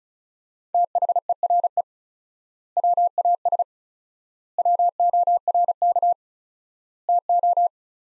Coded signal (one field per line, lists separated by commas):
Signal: Morse code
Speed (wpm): 34 wpm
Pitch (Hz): 700 Hz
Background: none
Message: THERE WAS WORK TO